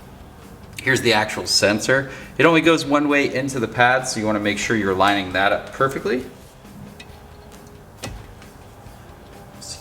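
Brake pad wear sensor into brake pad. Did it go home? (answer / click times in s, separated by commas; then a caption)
yes / 8.0 s. On a 2005 Mini Cooper S, a brake pad wear sensor, which only fits one way, is lined up and pushed into the brake pad while someone talks. At 8.0 s it clicks into place, held by a small metal retainer.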